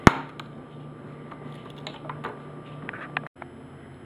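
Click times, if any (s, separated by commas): 0.1 s, 3.2 s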